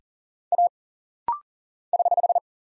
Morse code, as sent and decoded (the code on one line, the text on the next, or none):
.- / ........
A <HH>